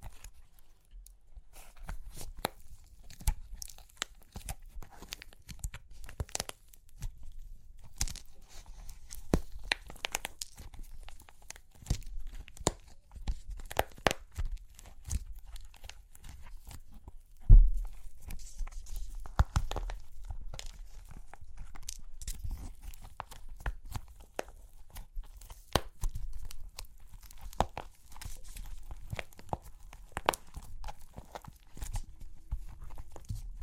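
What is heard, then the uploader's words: Clay cracks and crunches in a dense run of sharp, irregular snaps throughout, with a louder break near seventeen seconds over a low rumble. Super Crunchy Clay Cracking (No Talking).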